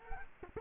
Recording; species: mosquito wingbeat signal from an infrared sensor; Culex quinquefasciatus